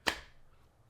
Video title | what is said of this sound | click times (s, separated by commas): ONE MAJOR FLAW! - Pitaka ProGuard (Cairn) Case for iPhone 17 Pro Max | Pretty solid click on there. | 0.1 s